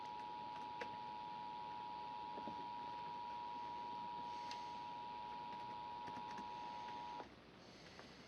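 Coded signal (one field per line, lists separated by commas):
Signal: Emergency Alert System (SAME) tones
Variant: 853 and 960 Hz attention tone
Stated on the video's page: Mix of EAS test tones, including a TV station required weekly test, radio station weekly and monthly tests, and NOAA Weather Radio weekly tests.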